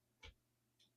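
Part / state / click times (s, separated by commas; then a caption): electric bidet seat onto toilet mounting plate / not seated / none. A Bio Bidet BB-500/550 electric bidet seat is being handled on its toilet mounting plate. A short, full-bodied knock with a low thump comes at about 0.2–0.3 s, followed by a fainter, higher tick near 0.8 s. Nothing has seated or clicked yet.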